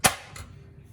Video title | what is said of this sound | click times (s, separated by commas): Tefal OptiGrill XL, First Look and 3 Demonstrations | it makes a satisfying click. | 0.1 s